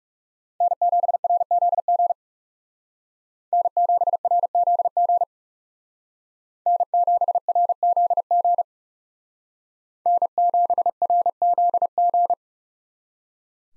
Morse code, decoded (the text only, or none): N7RZG N7RZG N7RZG N7RZG